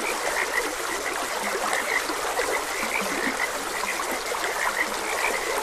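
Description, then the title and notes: Frog chorus of quick repeated croaks, several callers overlapping, with occasional deeper notes over constant running-water noise. Frogs croaking beside a gentle stream. "Gentle Stream and Frogs Croaking. Sleep and Relaxation Podcast"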